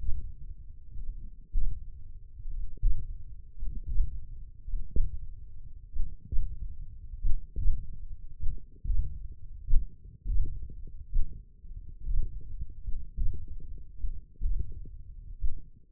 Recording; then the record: forearm muscle sounds (acoustic myography)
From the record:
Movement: hand opening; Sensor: system 1, eight BSWA MPA416 microphones around the upper forearm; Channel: 2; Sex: male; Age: 42 years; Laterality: right